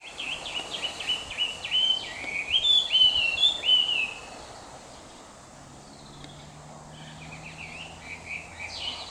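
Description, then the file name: Chinese hwamei singing a burst of rich, warbling whistled phrases with rising and falling slurs for about four seconds, followed by quieter bird chirps and a low hum. Recorded on 30 April 2021. "20210430 ガビチョウ"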